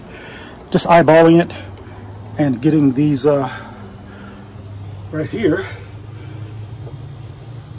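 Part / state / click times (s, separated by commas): cargo box mounting clamp onto roof rack crossbar / not seated / none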